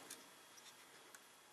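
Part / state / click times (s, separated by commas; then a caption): plastic locomotive body shell onto model chassis / not seated / none. The plastic front end of an Athearn Union Pacific gas turbine HO model locomotive body shell is squeezed and pushed down onto its chassis. Only faint handling ticks and rustle are heard over a steady hiss, the sharpest brief tick coming near 1.2 s. The shell has not snapped into place yet; nothing has seated or clicked.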